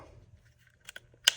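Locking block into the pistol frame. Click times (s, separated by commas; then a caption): 1.3 s. A metal locking block is pressed into a polymer pistol frame. Two faint, sharp ticks at about 0.9 and 1.0 seconds are followed by a loud, sharp click at 1.3 seconds as the block seats in the frame.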